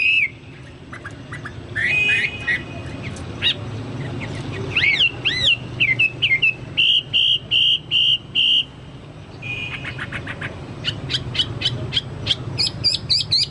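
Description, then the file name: Chinese hwamei song mixing single whistles, a run of evenly spaced repeated notes, and high sharp chips near the end, over steady low hum. "hwamei-2-omkicau"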